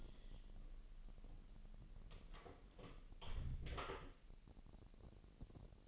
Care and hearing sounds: daily activity, microphone in the room; close door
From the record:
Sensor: 4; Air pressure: 1002.0 hPa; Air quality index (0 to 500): 248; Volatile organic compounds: 41 ppm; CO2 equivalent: 3170 ppm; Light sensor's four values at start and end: 9/20/8/7 and 9/21/8/8

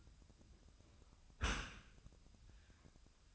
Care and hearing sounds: daily activity, microphone in the room; close dishwasher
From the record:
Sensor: 2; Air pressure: 1004.5 hPa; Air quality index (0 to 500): 109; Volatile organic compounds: 3 ppm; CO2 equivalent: 1320 ppm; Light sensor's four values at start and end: 6/15/6/6 and 6/15/6/6

